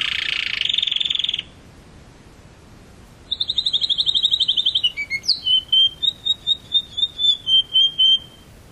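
Canary song opening with a harsh buzzy burst, then after a pause a fast trill followed by a series of clear whistled notes.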